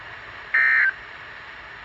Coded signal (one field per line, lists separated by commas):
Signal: Emergency Alert System (SAME) tones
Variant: end-of-message bursts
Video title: Scholastic Storms (EAS Alerts from 3/3/23) EAS #22-#41